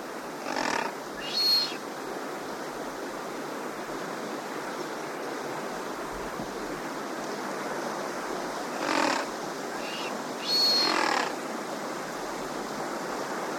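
Blue duck calls: a few short rasping bursts, some with a thin high whistle, over a steady roar of rushing water.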